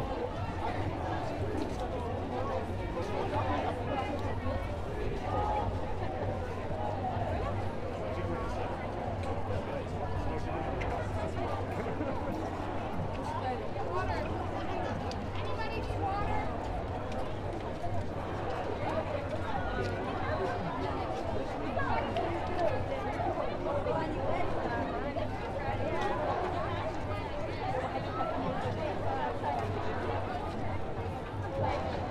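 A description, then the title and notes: Street protest ambience: a dense, continuous wash of many overlapping voices talking and calling, with no single speaker standing out. The level stays steady throughout, over a constant low hum, with scattered brighter shouts rising briefly from the crowd. Protest Ambience. The sounds of the streets during yesterday’s march/protest.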